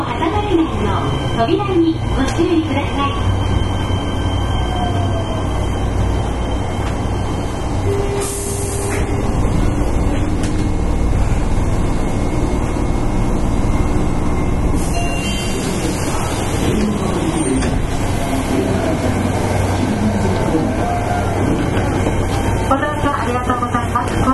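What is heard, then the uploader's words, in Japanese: Running sound of a Fukuoka City Subway 1000 series train, a steady low rumble and roar that stays loud and dense throughout. A brief high hiss bursts in around 8 seconds and again near 15 seconds, with faint tonal whines and clatter along the way. 福岡市交通局 1000系電車の走行音です。空港線にて収録。区間は福岡空港から姪浜までです。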